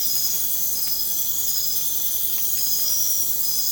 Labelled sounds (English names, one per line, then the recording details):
none
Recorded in pastures near Puerto Asís, Putumayo, Colombia, on 30 June 2025 at 04:30
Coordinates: 0.496, -76.326
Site GP01